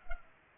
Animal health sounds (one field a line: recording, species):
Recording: mosquito wingbeat signal from an infrared sensor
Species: Culex pipiens